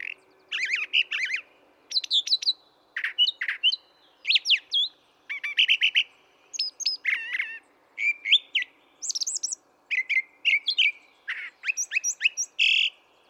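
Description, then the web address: Brown thrasher gives a steady, continuous stream of short phrases, most repeated in pairs or threes: chirps, slurs and buzzes at a brisk, even pace. "birdsongforthecurious Brown Thrasher"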